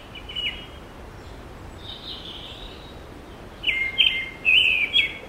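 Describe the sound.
Bird song: a short high chirpy phrase, then a longer burst of warbled, twittering notes near the end, over steady background hiss.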